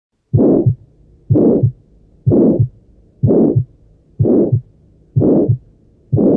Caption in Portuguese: Som de Estenose Aórtica.